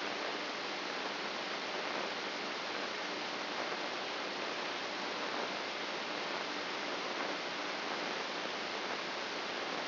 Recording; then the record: brain microelectrode recording played as sound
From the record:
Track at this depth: outside the subthalamic nucleus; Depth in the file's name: 8.828 mm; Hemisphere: left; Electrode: 3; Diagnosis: Parkinson's disease